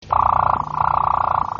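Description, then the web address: Harz Roller canary song: a steady rolling trill of rapid even pulses held throughout, with a faint low hum underneath. "canarios cantoharz"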